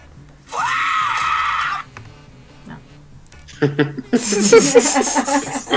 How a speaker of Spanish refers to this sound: Qué buen grito.